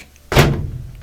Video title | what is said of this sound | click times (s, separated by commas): KENMORE WASHER—NO HOT WATER (FIXED) | They slide in underneath, and then you push down real hard until they click. | 0.3 s